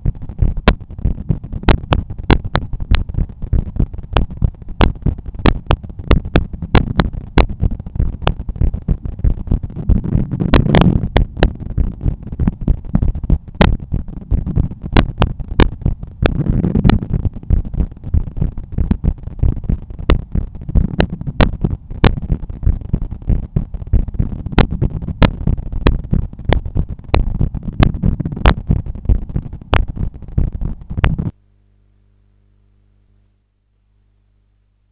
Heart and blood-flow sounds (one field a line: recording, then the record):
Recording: heart sounds by stethoscope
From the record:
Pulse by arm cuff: 95 bpm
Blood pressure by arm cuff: 122/77 mmHg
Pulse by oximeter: 95 bpm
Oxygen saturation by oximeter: 98%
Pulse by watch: 96 bpm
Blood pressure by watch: 114/76 mmHg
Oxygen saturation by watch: 97%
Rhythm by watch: sinus rhythm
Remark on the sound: wave loud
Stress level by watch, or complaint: medium stress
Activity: after lunch and office activities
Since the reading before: plus 1200 steps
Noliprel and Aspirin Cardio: after pills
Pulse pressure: 45 mmHg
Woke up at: 6:50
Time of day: 15:25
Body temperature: 36.7 C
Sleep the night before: 8 h 16 min, score 66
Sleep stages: REM 20%, light 64%, deep 6%, awake 10%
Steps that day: 6850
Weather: rain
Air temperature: 19.1 C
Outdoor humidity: 84%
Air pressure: 1007 hPa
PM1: 0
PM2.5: 0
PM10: 0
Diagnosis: hypertension, treated with Noliprel and Aspirin Cardio 100 mg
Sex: male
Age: 53 years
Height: 174 cm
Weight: 81 kg